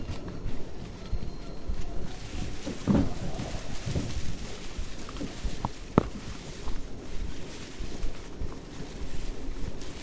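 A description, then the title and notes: Rainforest hike in Tambopata, Peru: a steady low rumble with brief voices or calls near three and four seconds and a sharp click at six. Hike in Tambopata Reserve rainforest, Peru.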